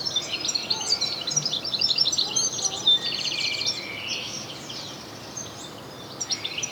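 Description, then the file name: European goldfinch song, a quick jumble of high chirps and twitters with a short buzzy trill at about three seconds, then softer notes. "Carduelis carduelis"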